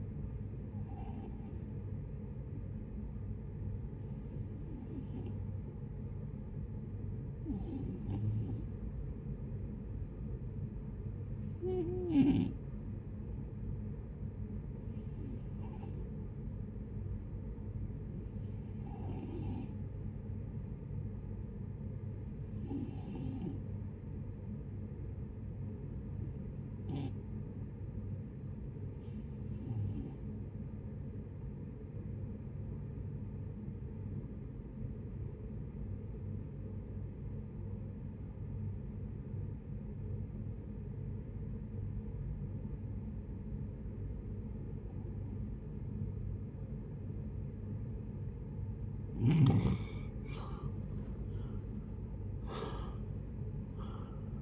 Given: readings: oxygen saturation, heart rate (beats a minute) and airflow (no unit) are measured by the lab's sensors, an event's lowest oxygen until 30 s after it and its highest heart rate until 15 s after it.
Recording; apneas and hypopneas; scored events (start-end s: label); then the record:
breathing in sleep by a smartphone at the bedside; 2
3.00-27.40 s: hypopnea (N2, oxygen 90% highest, then 74% lowest, heart rate 75 at the start, 75 highest)
30.00-54.42 s: new sleep stage, REM sleep
33.00-49.90 s: obstructive apnea (REM, oxygen 81% highest, then 67% lowest, heart rate 68 at the start, 88 highest)
From the record:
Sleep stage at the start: N2 (light sleep); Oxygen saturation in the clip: 77 to 90%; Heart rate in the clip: 65 to 76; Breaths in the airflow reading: 12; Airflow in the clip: -11.8 to 12.0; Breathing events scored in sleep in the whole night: 496 in 5.4 hours asleep